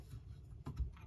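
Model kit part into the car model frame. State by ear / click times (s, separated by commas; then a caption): not seated / none. A part of a 1:8 scale Fanhome Back to the Future DeLorean model kit is turned the right way round and held against the car's frame during assembly. Soft handling ticks and light plastic taps come at about 0.7, 0.8 and 1.0 s over a low background rumble. Nothing has snapped or seated into the frame yet.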